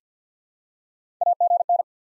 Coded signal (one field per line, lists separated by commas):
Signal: Morse code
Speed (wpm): 50 wpm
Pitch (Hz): 700 Hz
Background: none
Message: AGN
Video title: Top 20 QSO Elements 50wpm